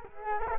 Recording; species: mosquito wingbeat signal from an infrared sensor; Culex quinquefasciatus